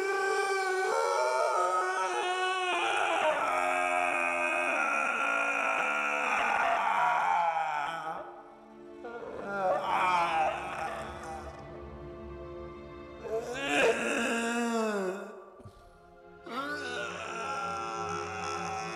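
A horrendous, unearthly series of screams bursting from a room left in darkness: wailing, howl-like cries with wavering, bending pitch, one long sustained outburst followed by three shorter loud bursts with brief gaps between them.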